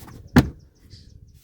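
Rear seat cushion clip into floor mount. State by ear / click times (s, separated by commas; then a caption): seated / 0.4 s. A Prius V's rear seat bottom cushion is pushed down on the driver's side, and its retaining clip snaps into its floor mount with one sharp pop at 0.4 s, seating the cushion. Only faint low background noise follows, with a small tick near 1.3 s.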